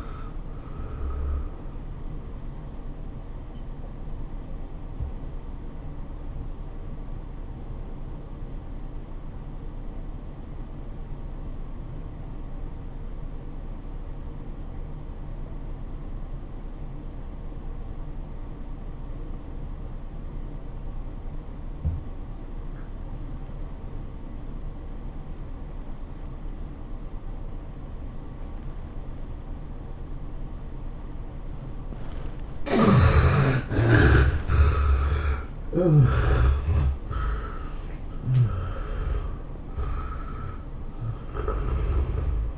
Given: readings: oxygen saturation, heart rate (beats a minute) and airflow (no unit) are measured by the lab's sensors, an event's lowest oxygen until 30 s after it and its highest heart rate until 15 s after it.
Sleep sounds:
breathing in sleep by a smartphone at the bedside; 1
4.00-33.00 s: obstructive apnea (N1, oxygen 96% highest, then 70% lowest, heart rate 100 at the start, 107 highest)
From the record:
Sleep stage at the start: N1 (lightest sleep); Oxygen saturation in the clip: 69 to 96%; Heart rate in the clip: 81 to 107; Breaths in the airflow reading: 5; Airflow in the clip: -18.1 to 14.0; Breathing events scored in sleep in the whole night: 403 in 5.5 hours asleep

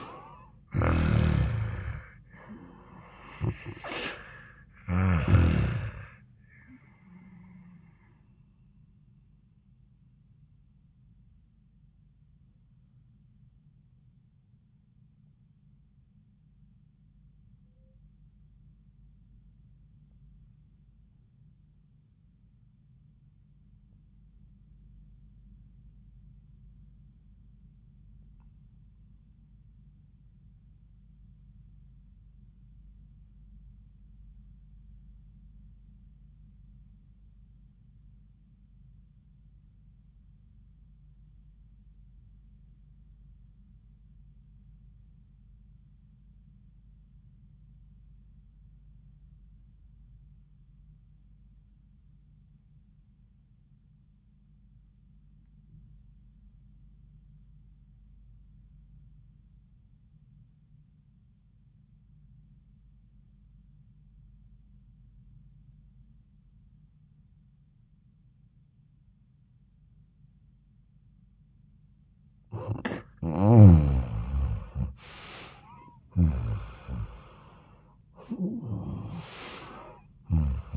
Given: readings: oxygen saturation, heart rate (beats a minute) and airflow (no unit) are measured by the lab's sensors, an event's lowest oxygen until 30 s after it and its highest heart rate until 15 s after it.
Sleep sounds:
breathing in sleep by a smartphone at the bedside; 1
14.00-73.60 s: obstructive apnea (REM, oxygen 97% highest, then 69% lowest, heart rate 71 at the start, 89 highest)
From the record:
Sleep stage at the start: REM sleep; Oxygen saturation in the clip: 67 to 97%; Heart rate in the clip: 62 to 88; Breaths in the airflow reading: 5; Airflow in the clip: -11.2 to 6.9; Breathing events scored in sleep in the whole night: 400 in 8.7 hours asleep

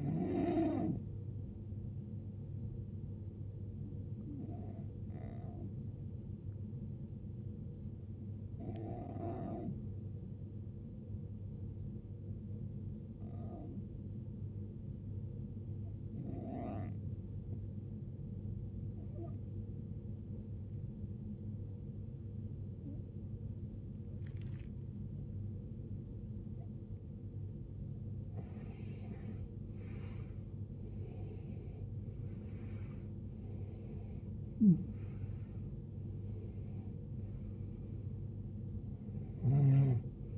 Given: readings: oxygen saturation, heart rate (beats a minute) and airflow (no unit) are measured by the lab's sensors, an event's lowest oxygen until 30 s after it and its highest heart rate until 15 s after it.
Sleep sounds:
breathing in sleep by a smartphone at the bedside; 1
1.00-40.38 s: new sleep stage, N2 (light sleep)
6.00-27.90 s: hypopnea (N2, oxygen 95% highest, then 88% lowest, heart rate 75 at the start, 76 highest)
From the record:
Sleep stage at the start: N1 (lightest sleep); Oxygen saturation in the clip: 89 to 95%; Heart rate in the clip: 54 to 76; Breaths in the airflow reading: 7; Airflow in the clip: -17.4 to 16.9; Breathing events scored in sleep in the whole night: 389 in 6.3 hours asleep

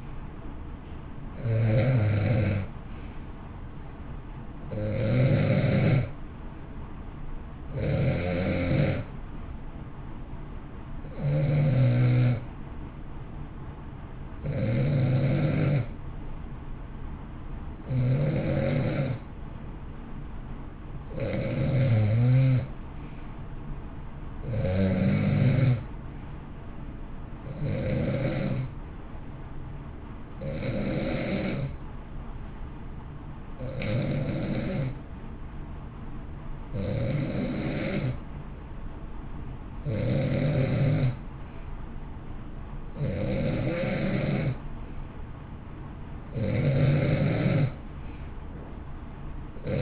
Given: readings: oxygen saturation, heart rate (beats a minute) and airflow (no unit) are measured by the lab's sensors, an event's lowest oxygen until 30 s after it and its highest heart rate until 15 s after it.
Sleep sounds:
breathing in sleep by a smartphone at the bedside; none
none scored
From the record:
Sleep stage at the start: N2 (light sleep); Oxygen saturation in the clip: 89 to 91%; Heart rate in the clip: 58 to 65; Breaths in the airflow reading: 15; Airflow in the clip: -9.4 to 7.6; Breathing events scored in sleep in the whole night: 328 in 6.3 hours asleep

